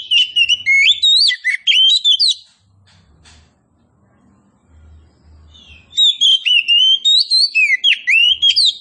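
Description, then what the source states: Oriental magpie-robin song in two loud bursts of fast, varied whistles with sweeping notes, with a quiet stretch between them. Kacer poci variety, described as gacor, meaning singing vigorously.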